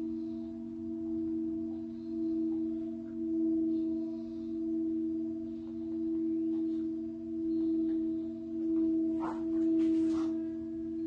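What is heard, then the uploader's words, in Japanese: A singing bowl hums a steady, sustained low tone with a gentle slow pulsing swell, and brief faint clinks near nine seconds. シシンギングボウルのサウンドヒーリング。サウンドヒーリング #シンギングボウル。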